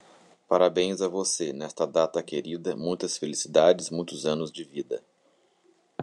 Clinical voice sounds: short text; Brazilian Portuguese; male; 30 to 39 years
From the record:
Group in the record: control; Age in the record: 39 years

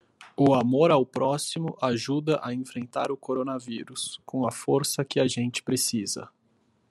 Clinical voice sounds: spoken sentence; Brazilian Portuguese; male; 20 to 29 years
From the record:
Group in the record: control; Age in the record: 26 years

